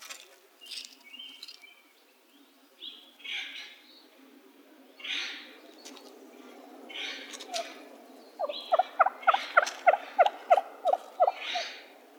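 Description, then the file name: Wild turkey gobble arrives late as a quick rattling series, preceded by several seconds of soft hoarse calls and breathy sounds. Arizona, recorded 17 May 2007. "W TURKEY 051707"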